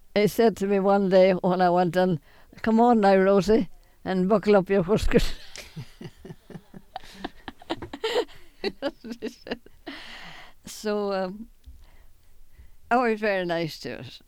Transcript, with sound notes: he said to me one day when I went down, "Come on, now, Rosie, and buckle up your whiskers." ( they laugh ) So, uh, he was very nice to us.